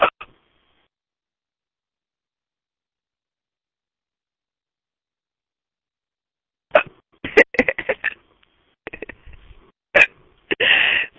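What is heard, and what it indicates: After a long silence, an adult woman with ongoing hiccups breaks into short bursts of soft laughing voice during a voice chat, interrupted by a few sharp, abrupt hiccup gasps; her hiccups get worse when she laughs.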